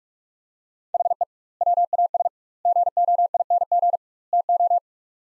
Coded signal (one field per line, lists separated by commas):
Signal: Morse code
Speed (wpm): 46 wpm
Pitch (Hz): 700 Hz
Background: none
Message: HE WAS GOING TO